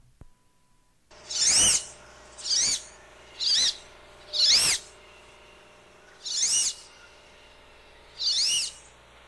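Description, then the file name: Wood duck giving high, squealing whistles that rise then fall, six calls spaced roughly one to two seconds apart against a quiet background. Marshbird survey training. "Wood-Duck-mmp training"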